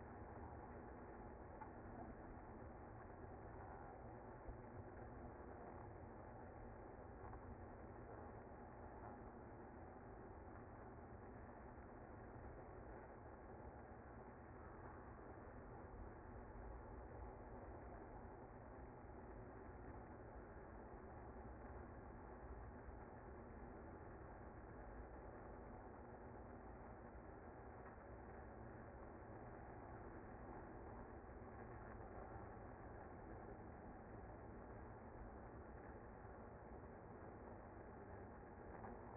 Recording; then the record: honeybee colony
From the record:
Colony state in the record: active